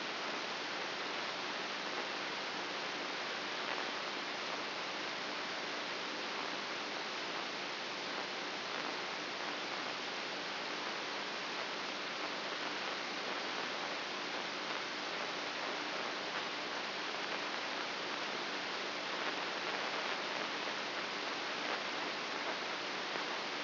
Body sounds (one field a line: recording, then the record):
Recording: brain microelectrode recording played as sound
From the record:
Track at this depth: inside the subthalamic nucleus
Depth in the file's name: 5.24 mm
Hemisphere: right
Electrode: 2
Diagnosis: Parkinson's disease